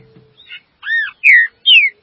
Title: Trinca Ferro